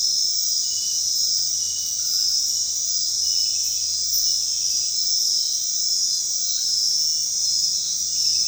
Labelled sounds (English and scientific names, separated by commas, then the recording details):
none
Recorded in dense forest near Puerto Asís, Putumayo, Colombia, on 21 February 2024 at 23:30
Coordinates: 0.499, -76.324
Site G6469